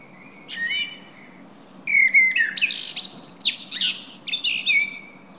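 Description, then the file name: Common blackbird singing two phrases, each a mellow fluted warble leading into shrill, scratchy high twitters, the second phrase longer and busier. "Turdus merula"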